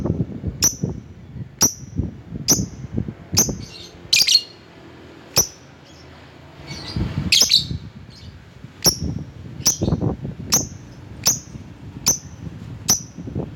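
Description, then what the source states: Lovebird giving thin, high chirps repeated about once a second, with a few harsher squawks and low background knocking. Calling a rival.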